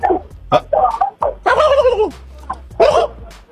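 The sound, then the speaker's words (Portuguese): A chicken clucks and squawks in a loud, uneven series of harsh, nasal calls, some short and choppy, one drawn out, with a low steady hum underneath. “Que é isso? Um peru? Que diabo é galinha.”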